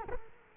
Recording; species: mosquito wingbeat signal from an infrared sensor; Culex quinquefasciatus